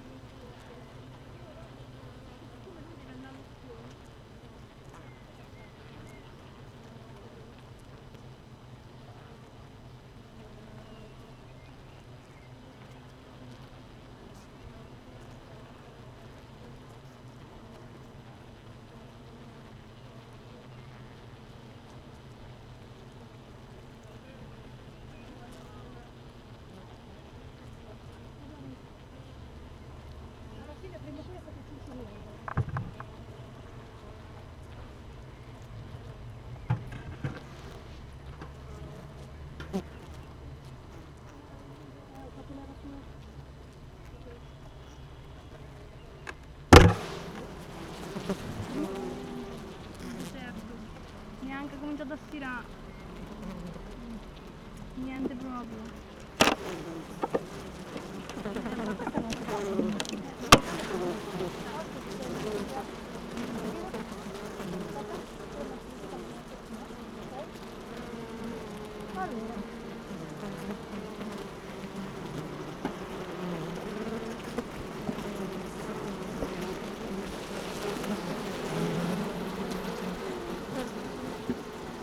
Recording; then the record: honeybee colony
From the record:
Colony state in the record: missing queen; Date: 31 May 2018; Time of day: 16:06